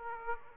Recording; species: mosquito wingbeat signal from an infrared sensor; Aedes aegypti